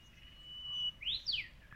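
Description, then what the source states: Brownish-flanked bush warbler song: a long, thin, steady whistle followed by an explosive rising-then-falling two-note whip, against quiet low background noise. Recorded 10 February 2019.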